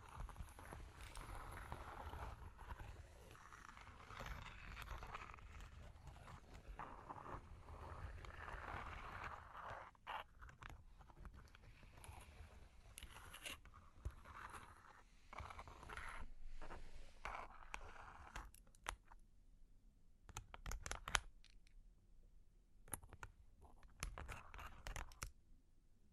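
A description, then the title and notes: Long claws tap and scratch on a hard surface in busy clusters of clicks and scrapes for the first half. Later the sounds thin out into separate sharp taps with short silences between, ending in a few bursts near the end. Long Claws Tapping and Scratching (No Talking).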